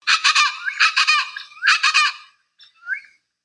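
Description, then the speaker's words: Plain Chachalaca calls, loud harsh raucous notes in three rhythmic bursts, followed by a couple of softer notes. Bird identifies itself by its call; recorded near a house in the rainforest on the Belize River, Belize. "And that's a chakalaka, and he identifies himself just by his call, of course."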